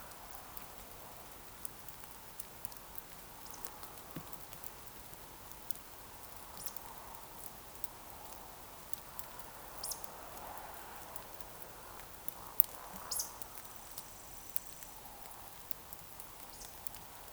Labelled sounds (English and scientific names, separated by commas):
Eurasian Woodcock (Scolopax rusticola) whistle, Eurasian Woodcock (Scolopax rusticola) croak